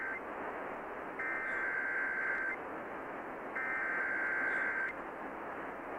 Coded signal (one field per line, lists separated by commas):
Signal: Emergency Alert System (SAME) tones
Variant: header bursts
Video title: February 24, 2018 Severe Weather Event (EAS #451-459)